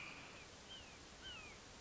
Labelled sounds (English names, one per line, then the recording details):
Red-shouldered Hawk
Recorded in Sonoma County, California